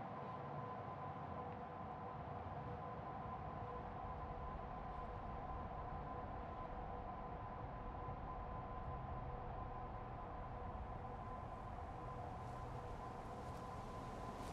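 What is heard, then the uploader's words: A river rushes steadily and densely, with a deep low rumble underneath that never lets up over the whole stretch. A constant mid-pitched hum runs through it, almost like machinery, and the level stays even from start to finish. A condensed and lightly processed version of a 20 minute walk around the three rivers surrounding my house, presenting their different characters.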